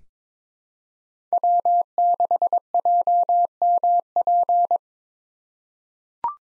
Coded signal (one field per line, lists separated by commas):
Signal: Morse code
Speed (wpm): 22 wpm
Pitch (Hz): 700 Hz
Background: none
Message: W6JMP